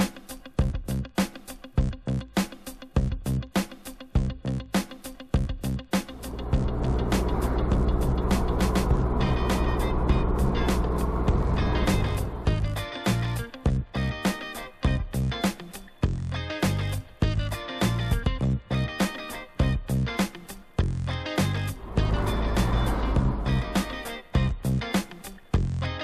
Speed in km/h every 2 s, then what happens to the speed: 43, 43, 43, 44, 44, 44, 43, 43, 43, 41, 41, 39, 36.
0-17 steady at about 43. 17-26 slows to 36.